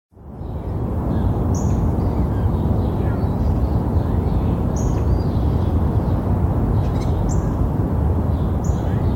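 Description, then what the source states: Birds chirping: short high chirps every couple of seconds, faint above a steady low roar of traffic. Urban birds chirping with distant traffic.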